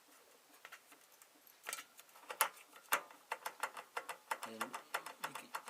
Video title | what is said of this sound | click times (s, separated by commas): Shop Light UtiliTech Open Box and Installation with T12 Fluorescent Bulbs | can kind of click it around and you and you can feel that it's locked in place. | 2.4 s